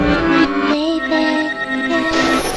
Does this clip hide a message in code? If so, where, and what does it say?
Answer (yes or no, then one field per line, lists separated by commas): no